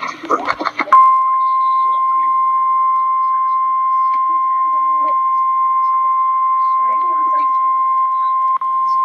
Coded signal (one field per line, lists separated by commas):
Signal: Emergency Alert System (SAME) tones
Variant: 1050 Hz attention tone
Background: speech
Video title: REAL EAS 267-Severe thunderstorm warning